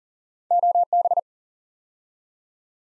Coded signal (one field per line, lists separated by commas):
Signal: Morse code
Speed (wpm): 39 wpm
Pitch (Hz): 700 Hz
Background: none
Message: OB